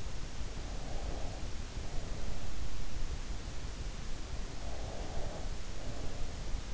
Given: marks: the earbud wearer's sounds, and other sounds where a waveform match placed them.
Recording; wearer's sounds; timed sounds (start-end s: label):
sounds in sleep by an in-ear microphone; breath
0.88-2.84 s: breath
4.62-6.32 s: breath